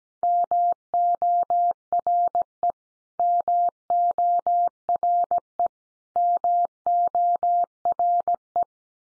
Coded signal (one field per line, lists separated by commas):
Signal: Morse code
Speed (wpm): 17 wpm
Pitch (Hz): 700 Hz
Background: none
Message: MORE MORE MORE